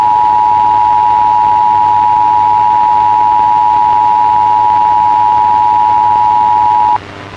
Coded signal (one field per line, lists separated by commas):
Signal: Emergency Alert System (SAME) tones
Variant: 853 and 960 Hz attention tone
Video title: World War Z | A Zombiepocalypse EAS Scenario